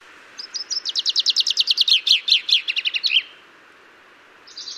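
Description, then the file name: Common chaffinch song: an accelerating series of sharp notes that speeds into a falling rattle and ends in a brisk flourish, lasting about three seconds. "Fringilla coelebs"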